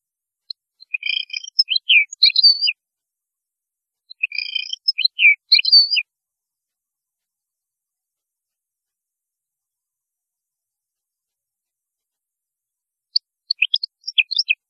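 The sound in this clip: European goldfinch song: short twittering phrases of quick, jangling notes, two close together and a third after a long pause.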